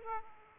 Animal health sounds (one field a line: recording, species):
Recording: mosquito wingbeat signal from an infrared sensor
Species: Aedes aegypti